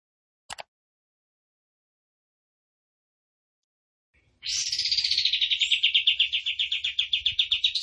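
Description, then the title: Songbird delivering one long rapid trill of repeated buzzy notes lasting over three seconds, after a single brief sharp note and a silent gap. Masteran tembakan gacor song for training cage birds. "Masteran Burung Tembakan Gacor"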